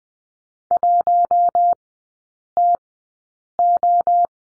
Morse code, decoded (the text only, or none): 1TO